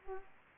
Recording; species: mosquito wingbeat signal from an infrared sensor; Aedes aegypti